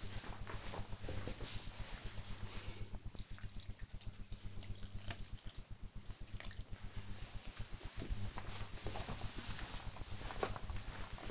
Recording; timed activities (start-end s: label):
household activities, microphone on the right wrist
0.00-11.31 s: watering plant